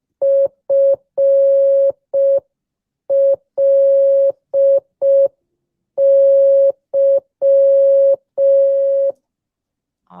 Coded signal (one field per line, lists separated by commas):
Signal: Morse code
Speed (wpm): 5 wpm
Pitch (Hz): 3250 Hz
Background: none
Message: FLY